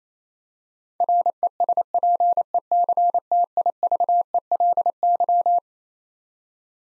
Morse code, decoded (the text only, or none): RESPECTIVELY